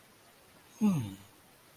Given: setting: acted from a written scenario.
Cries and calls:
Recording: vocal sound without words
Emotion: interest

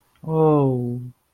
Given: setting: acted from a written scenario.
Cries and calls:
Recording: vocal sound without words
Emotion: guilt

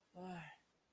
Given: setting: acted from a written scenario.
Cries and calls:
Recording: vocal sound without words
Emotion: guilt

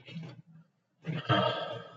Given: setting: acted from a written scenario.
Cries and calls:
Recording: vocal sound without words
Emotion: relief

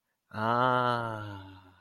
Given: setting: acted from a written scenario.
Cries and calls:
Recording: vocal sound without words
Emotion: relief

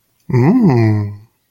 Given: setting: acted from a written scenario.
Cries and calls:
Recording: vocal sound without words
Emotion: romantic love

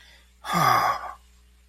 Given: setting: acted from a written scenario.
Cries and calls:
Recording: vocal sound without words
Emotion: serenity

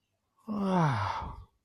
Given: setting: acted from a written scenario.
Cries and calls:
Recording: vocal sound without words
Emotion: awe

